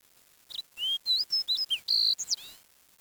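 Bird calls in a rapid, varied run of high whistled notes: short swoops, rising slurs and one longer steady whistle, lasting about two seconds.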